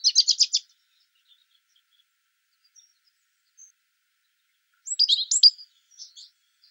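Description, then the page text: European robin singing a quick, high, rattling phrase, then a long pause before a tumbling run of sharp, twittering notes. "Птицы-целители - Зарянка (Erithacus rubecula)"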